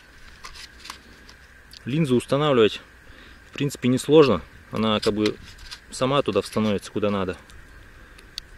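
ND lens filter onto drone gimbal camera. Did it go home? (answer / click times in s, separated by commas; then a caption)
yes / 8.4 s. A small ND filter is pressed onto the gimbal camera lens of a DJI Mavic Mini drone, which is powered off so the gimbal is off. Someone talks over faint ticks and handling sounds, then a loud sharp snap at 8.4 s marks the filter seating.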